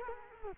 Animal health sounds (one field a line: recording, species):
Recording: mosquito wingbeat signal from an infrared sensor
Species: Culex quinquefasciatus